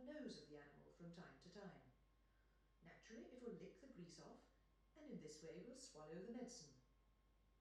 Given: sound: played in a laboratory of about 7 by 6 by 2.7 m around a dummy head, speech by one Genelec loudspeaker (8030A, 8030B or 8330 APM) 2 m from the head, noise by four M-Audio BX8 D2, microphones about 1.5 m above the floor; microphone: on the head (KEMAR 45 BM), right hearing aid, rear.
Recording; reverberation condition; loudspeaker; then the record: female speech in English; medium; 30 degrees to the left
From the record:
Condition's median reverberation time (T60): about 510 ms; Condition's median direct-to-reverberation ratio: about -0.5 dB